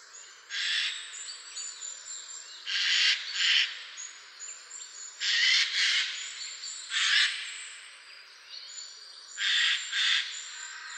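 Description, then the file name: Eurasian jay giving harsh, rasping screeches in short bursts, often doubled, about every two to three seconds, over a steady hiss of background noise. "Garrulus glandarius"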